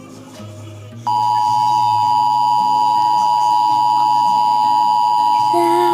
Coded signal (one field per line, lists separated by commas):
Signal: Emergency Alert System (SAME) tones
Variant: 853 and 960 Hz attention tone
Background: music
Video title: Eas vs Alart ready